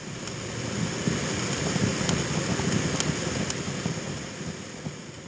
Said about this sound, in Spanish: Es que la música del fuego puede sonar de muchas maneras. ¿Han escuchado silbar al fuego como una serpiente?